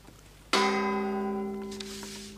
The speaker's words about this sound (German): Die genaue Zeit... Mit dem Gongschlag 17 Uhr.